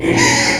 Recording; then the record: squeal of a Yucatan mini pig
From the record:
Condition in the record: before surgery on the right vocal fold (resection and tissue-engineered implant); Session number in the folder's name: 2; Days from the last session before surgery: 0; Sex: male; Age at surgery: 12 weeks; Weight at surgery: 13 kg